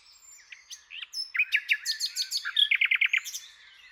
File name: Luscinia megarhynchos